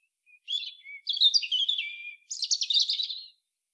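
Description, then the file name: European robin song: three linked phrases, soft high whistles leading into wavering warbles and a final rapid, very high trilled flourish. "Erithacus rubecula"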